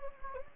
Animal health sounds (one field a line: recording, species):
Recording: mosquito wingbeat signal from an infrared sensor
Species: Anopheles gambiae